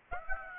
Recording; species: mosquito wingbeat signal from an infrared sensor; Aedes aegypti